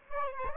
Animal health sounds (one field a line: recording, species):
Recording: mosquito wingbeat signal from an infrared sensor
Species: Aedes aegypti